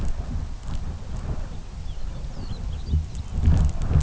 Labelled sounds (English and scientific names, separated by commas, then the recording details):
Lapland Longspur (Calcarius lapponicus)
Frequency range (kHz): Lapland Longspur (Calcarius lapponicus) 1.6-5.8 kHz
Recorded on Arctic tundra, site UTQI-2, on 17 June 2019
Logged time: 06:00